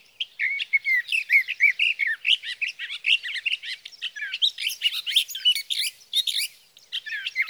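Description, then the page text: Sage thrasher singing a sustained, hurried medley of warbled and slurred notes with barely any gaps. Male sage thrasher, Sierra Valley, California, June 12–15, 2018; from a set comparing his night songs, recorded by a Swift recorder near his night roost, with his day songs. "61. Sage thrasher songs, through the night."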